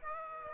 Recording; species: mosquito wingbeat signal from an infrared sensor; Aedes aegypti